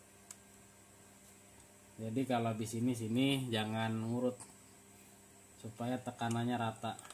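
Someone talks while handling cooler bracket mounting pins over the motherboard holes, getting ready to press them in crosswise rather than in order so the pressure is even. A single faint tick is heard near 0.3 s over a low steady hum. Nothing has seated or clicked yet.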